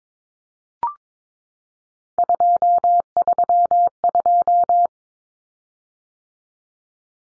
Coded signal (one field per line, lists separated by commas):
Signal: Morse code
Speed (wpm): 22 wpm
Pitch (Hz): 700 Hz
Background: none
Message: 232